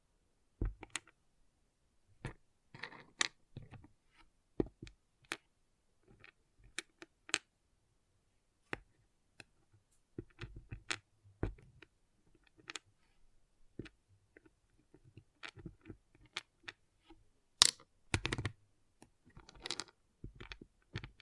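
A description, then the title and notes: Small plastic pixel art beads click and tap in short, sharp bursts separated by near silence. The clicks come irregularly, sometimes singly and sometimes in quick little clusters, with a busier, louder run of taps around the 17 to 19 second mark. ASMR Relaxing Pixel Art Beads ( No Talking).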